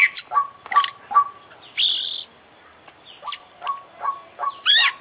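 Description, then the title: Oriental magpie-robin song with steady short notes, sharp upslurred chirps and a brief buzzy burst, then a pause before the notes resume. Competition kacer, an international champion bird, singing with full, complete isian (song fill-ins); long-duration recording. "KICAU KACER JUARA INTERNASIONAL FULL ISIAN KOMPLIT"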